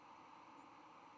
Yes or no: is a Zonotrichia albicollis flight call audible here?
no